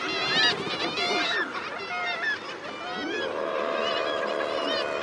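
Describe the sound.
Common murres calling: overlapping harsh growling calls with higher, thin wavering cries above and a steady din of many birds throughout.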